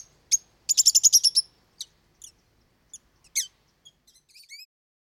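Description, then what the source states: Saffron finch calling with a single chirp, then a rapid burst of high, sharp chirps, followed by scattered single notes and a few soft upslurred whistles. Recorded on Maui, Hawaii, in August 2026.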